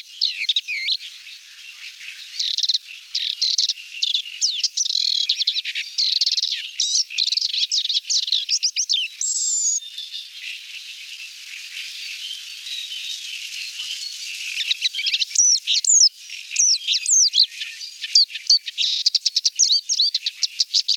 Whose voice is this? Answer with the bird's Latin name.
Acrocephalus agricola